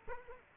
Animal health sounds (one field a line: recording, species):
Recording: mosquito wingbeat signal from an infrared sensor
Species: Culex quinquefasciatus